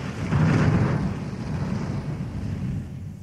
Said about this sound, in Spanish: Así fue. Un trueno sonoro anunció el comienzo de la función y una batuta de rayos se encargó de la obertura.